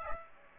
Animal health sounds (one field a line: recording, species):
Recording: mosquito wingbeat signal from an infrared sensor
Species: Aedes aegypti